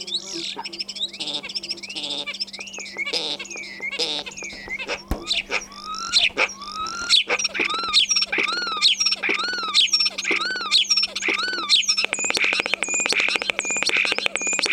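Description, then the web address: Common starling song mixing descending whistles, arched slurred notes and sharp clicks, building into a rapid series of repeated rising-falling whistles and rattling chatter at the end. "vogelstimmen star xenocanto"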